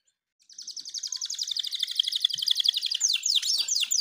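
Canary song: a long, even, rapid trill of high pulsed notes, followed by a few sharp descending sweeps.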